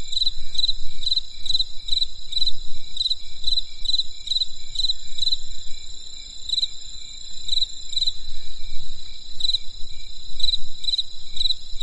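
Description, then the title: Insect chirping, short crisp pulsed chirps repeated roughly every half second with brief pauses, over a steady high hum from other insects and a low rumble. Insects calling on a winter night in the countryside. "There was a crisp sound of insects in the winter night."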